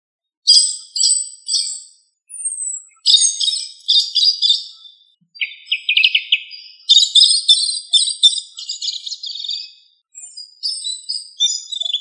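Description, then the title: Thrush song in short bursts of varied, high twittering and warbled notes, separated by brief pauses, against a silent background. "Sabia"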